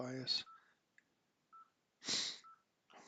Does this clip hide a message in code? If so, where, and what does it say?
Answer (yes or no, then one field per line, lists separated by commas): no